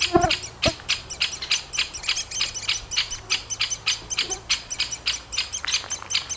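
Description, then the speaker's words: Great spotted woodpecker nestlings chatter in quick, high, insistent begging notes, with a couple of lower sharper calls near the start. Two nestlings calling from a tree cavity. "Onnistuin äänittämään pätkän, jossa kuuluu vaimeasti käpytikan rummuttelua, aikuisen linnun varoitusääniä ja tikanpoikien konsertti."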